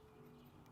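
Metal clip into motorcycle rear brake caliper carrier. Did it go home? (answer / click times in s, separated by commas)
no / none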